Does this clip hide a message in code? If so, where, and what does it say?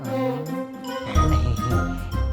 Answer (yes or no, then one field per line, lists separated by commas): no